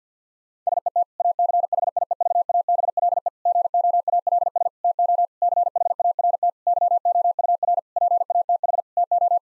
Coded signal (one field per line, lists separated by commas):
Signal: Morse code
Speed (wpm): 50 wpm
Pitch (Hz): 700 Hz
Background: none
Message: SET ACHIEVABLE GOALS TO CHART YOUR PATH TO